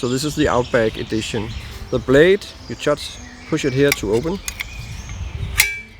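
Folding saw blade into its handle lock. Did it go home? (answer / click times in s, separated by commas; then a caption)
yes / 5.6 s. Someone talks while pushing the lock button and swinging open the 36 cm steel blade of a Silky Bigboy 2000 Outback Edition folding saw, whose handle is not wood but woodish. At 5.6 s a single sharp metallic clang is heard as the blade clicks and locks open in its handle.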